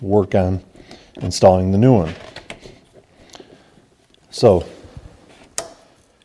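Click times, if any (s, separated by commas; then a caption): 5.6 s. Someone talks while a new oil-lubricated VVT control solenoid is pushed into its bore in the engine front cover of a Trailblazer 4.2L. A sharp click is heard at 5.6 s as the solenoid pops into place and seats.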